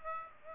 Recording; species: mosquito wingbeat signal from an infrared sensor; Aedes aegypti